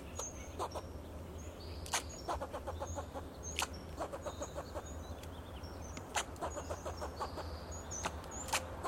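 Fox squirrel calls: bursts of rapid, rasping clicks separated by short pauses with loud snapping notes, birds whistling softly in the background over a low steady drone.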